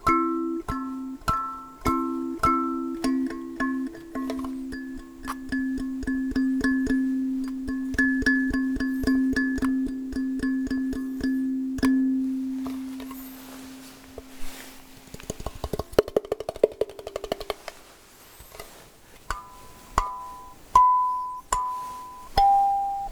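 Kalimba tones are plucked in a steady, fairly quick pattern, each note ringing bright and fading, over a sustained low hum for the first twelve seconds. Around fifteen seconds a brief scraping, rustling passage intrudes, then slower, scattered plucked notes return.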